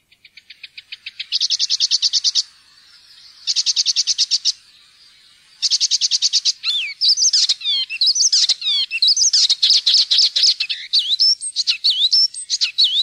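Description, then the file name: Icterine warbler song opening with repeated harsh buzzy rattles in short bursts, then a quick tumbling run of whistled and swooping notes. "gulsanger"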